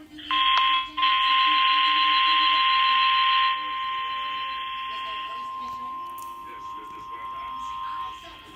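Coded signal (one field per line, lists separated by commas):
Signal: Emergency Alert System (SAME) tones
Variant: 1050 Hz attention tone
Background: speech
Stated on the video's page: NOAA Weather Radio alerts.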